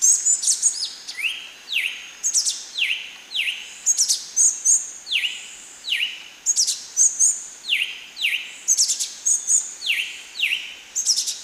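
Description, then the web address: Ochre-breasted tanager calls: paired, falling notes from about mid-high pitch, repeated roughly every second, mixed with sharp, very high chips. Ecuador. "Natures Songs S America Birds of Ecuador Ochre-breasted Tanager"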